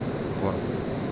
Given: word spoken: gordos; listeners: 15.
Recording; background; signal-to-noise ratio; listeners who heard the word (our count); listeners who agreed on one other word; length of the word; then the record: one Spanish word in noise, from a listening test; speech-shaped noise; -4.3 dB; 3 of 15; 8 of 15; 0.72 s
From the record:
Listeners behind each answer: 8, 3, 1, 1, 1, 1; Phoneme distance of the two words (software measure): 20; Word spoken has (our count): 2 syllables, 6 phonemes, stress on syllable 1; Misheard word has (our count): 2 syllables, 6 phonemes, stress on syllable 1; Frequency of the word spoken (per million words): 4.01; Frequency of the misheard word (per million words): 13.41